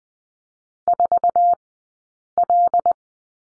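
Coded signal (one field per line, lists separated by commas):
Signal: Morse code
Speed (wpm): 20 wpm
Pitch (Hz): 700 Hz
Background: none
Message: 4L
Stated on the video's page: Morse code course lesson on the letter G in two-character groups, Farnsworth spacing 20/10 wpm.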